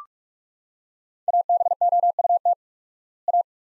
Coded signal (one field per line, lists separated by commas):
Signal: Morse code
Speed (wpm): 46 wpm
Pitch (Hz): 700 Hz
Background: none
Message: ABOUT A